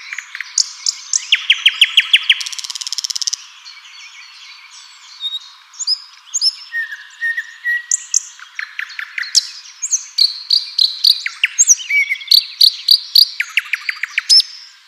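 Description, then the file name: Common nightingale singing loudly: a rapid series of repeated notes, a buzzy burst, then varied phrases of sharp clicks and trills. "Luscinia megarhynchos"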